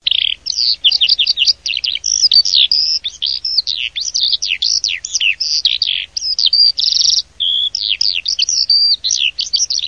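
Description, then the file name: Eurasian skylark song, a continuous rapid stream of high chirps, trills and whistled warbles with barely a pause throughout. "ALLODOLAMONT"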